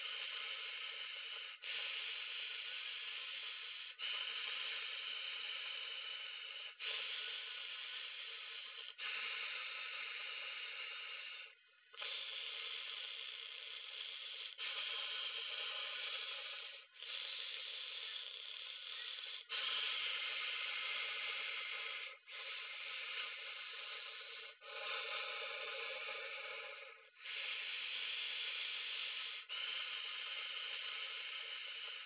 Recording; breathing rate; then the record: paced breathing near a phone; 12 breaths a minute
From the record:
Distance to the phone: 20 cm